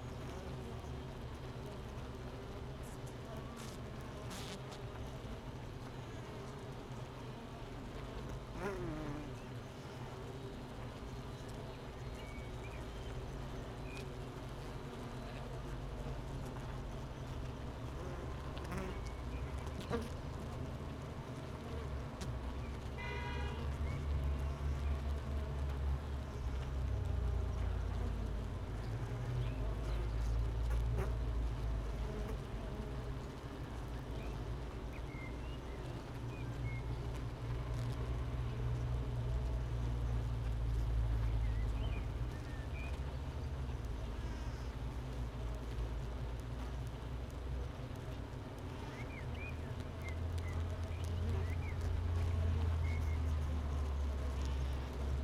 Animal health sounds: honeybee colony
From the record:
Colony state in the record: missing queen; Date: 31 May 2018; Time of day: 8:49

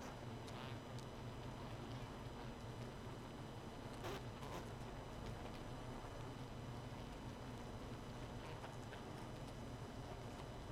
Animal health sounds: honeybee colony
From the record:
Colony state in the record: missing queen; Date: 31 May 2018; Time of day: 0:34

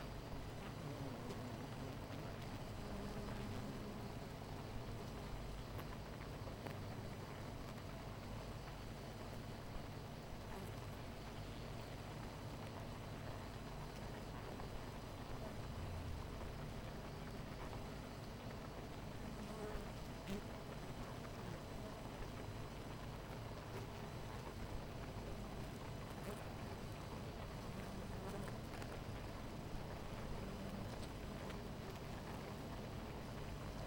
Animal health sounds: honeybee colony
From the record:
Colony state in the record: missing queen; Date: 14 July 2017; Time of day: 10:23

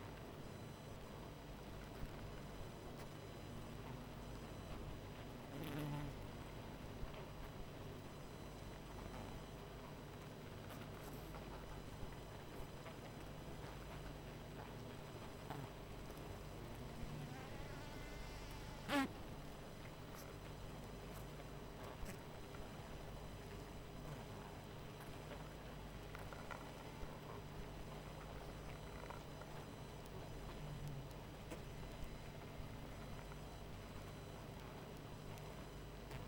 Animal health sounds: honeybee colony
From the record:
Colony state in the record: missing queen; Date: 14 July 2017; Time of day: 21:45

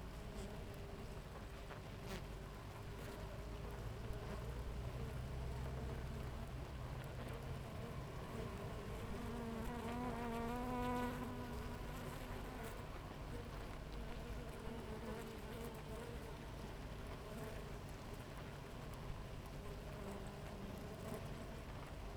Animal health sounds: honeybee colony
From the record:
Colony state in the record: active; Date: 28 July 2017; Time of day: 6:45

